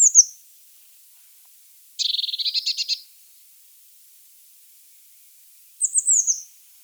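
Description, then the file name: Eurasian blue tit calls: a high falling trill, a rapid buzzy churr lasting a second, then another thin descending trill. "Cyanistes caeruleus"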